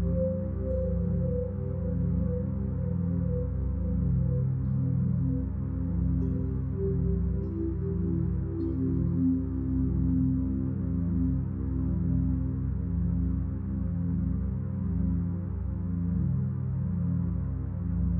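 Binaural beats in the alpha range: a steady, continuous drone of low, layered tones with nothing above a soft upper hum. Inner tones drift and swell slowly, with a gentle warbling pulse, while the overall loudness stays even from start to finish.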